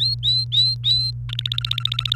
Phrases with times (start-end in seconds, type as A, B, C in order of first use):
0.00-1.11 A, 1.29-2.15 B